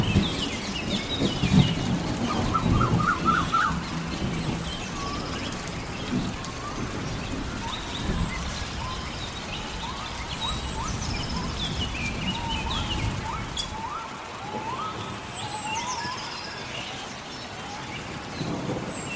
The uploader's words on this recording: Planet Earth Rain | Relaxing Sounds in a forest. The sound of a rainstorm and earthly lifeforms in the forest next to the spaceport.